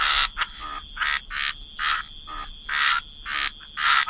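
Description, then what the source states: Frog croaks in short harsh bursts with quiet gaps, a few softer notes between and a steady high hiss in the background. Frog chorus.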